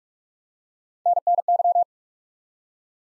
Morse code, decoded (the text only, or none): NNY